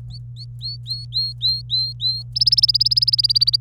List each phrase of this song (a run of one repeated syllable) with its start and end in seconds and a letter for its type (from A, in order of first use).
0.10-2.23 A, 2.36-3.56 B